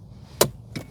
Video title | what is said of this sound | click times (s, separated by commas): How to replace a cabin air filter on a Jeep Wrangler 2018 to 2026 and Beyond | regulator here goes in, and you push down till it clicks. | 0.4 s